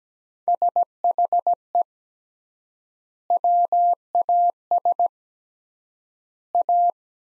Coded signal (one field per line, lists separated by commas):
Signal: Morse code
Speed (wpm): 17 wpm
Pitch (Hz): 700 Hz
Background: none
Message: SHE WAS A